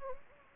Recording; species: mosquito wingbeat signal from an infrared sensor; Anopheles gambiae